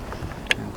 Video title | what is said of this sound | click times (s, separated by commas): My next Ford F150 improvement for MrTruck project truck | everything would snap crackle pop and I love it so now it's engaged let's | 0.5 s